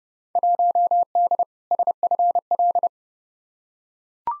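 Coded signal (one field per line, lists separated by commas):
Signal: Morse code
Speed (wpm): 30 wpm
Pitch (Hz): 700 Hz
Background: none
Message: 1D SFL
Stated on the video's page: Field Day exchange head-copy drill at 30wpm, each exchange sent in Morse, spoken, then sent again.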